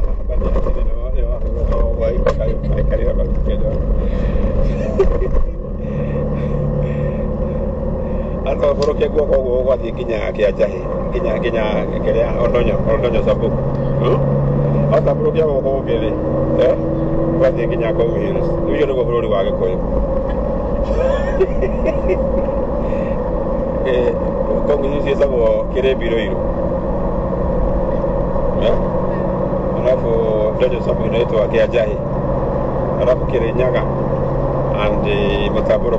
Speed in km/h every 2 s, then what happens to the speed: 37, 36, 37, 38, 40, 38, 39, 49, 54, 55, 57, 59, 62, 63, 65, 67, 68, 70.
0-12 steady at about 38. 12-36 speeds up to 70.